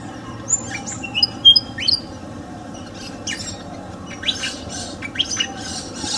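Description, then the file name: Pied fantail whistling a quick phrase of thin, pure notes that rise and dip, followed by softer scratchy chirps over a low background drone. In a garden. "kipasan kebun. omkicau"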